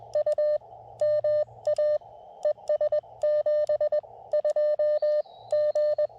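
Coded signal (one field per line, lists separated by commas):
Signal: Morse code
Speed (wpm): 20 wpm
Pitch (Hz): 600 Hz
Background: radio noise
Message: U MA ES 72 G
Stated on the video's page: CW heard through KX2 and TX-500 radios during an activation, comparing audio clarity, background noise and filtering, with a linked dipole.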